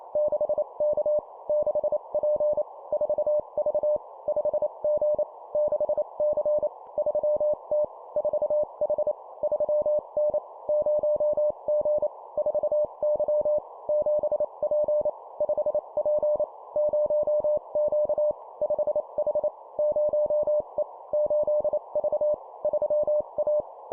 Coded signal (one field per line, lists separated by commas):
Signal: Morse code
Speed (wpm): 28 wpm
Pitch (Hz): 600 Hz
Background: none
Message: 6K 6P 4V 5G 6C 3T 4H 3N 0G 4Y 7P 5P 0Q 5H 0E 8V 3A